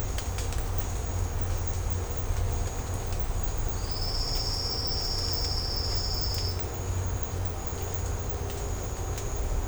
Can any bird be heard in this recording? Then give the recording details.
no. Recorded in secondary vegetation near Puerto Asís, Putumayo, Colombia, on 20 December 2024 at 13:00. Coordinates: 0.502, -76.326. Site G028